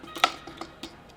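An interchangeable bare strobe-bulb head is pushed onto the body of a Godox AD200 portable flash unit and seats with a sharp, bright click at 0.2 s. Two fainter ticks follow at about 0.6 s and 0.8 s, and the head is clicked into place.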